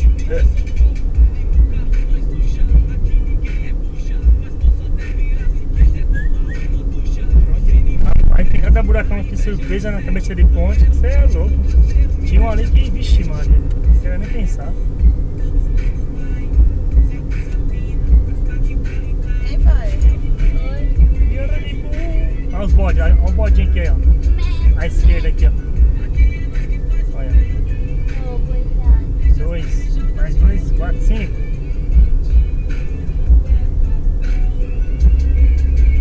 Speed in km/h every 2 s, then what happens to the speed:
61, 64, 63, 61, 61, 61, 65, 66, 66, 64, 63, 61, 59, 58, 58, 57, 59, 61.
0-14 steady at about 61. 14-29 slows to 57. 29-36 steady at about 59.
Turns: none.